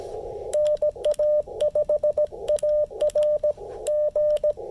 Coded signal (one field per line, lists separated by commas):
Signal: Morse code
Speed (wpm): 17 wpm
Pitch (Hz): 600 Hz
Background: radio noise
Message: NA5AR G